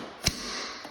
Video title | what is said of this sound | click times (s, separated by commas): Hampton Bay Mena 54" ceiling fan | and so all this does is just snap into place | 0.3 s